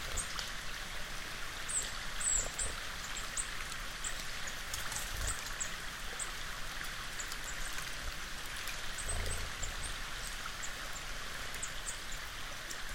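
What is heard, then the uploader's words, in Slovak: Birds sing beside a mountain stream that rushes steadily through the whole clip, a dense, even hiss of water. Short, bright chirps break through often, clustered near the start and again around nine seconds, with a few soft low bumps in between. Vtáky lietajú a spievajú pri horskom potoku. AB stereo.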